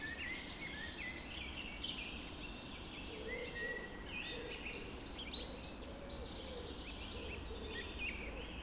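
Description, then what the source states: Birds singing together at dawn, dense overlapping high twitters and trills, with a lower soft repeated note running through the middle, over steady background hiss. Dawn chorus recorded just after dawn in the Forest of Dean.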